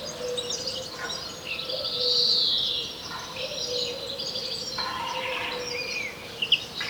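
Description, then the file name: European greenfinch producing a single drawn-out buzzy wheeze amid scattered chirping over a constant low hum. "Chloris chloris"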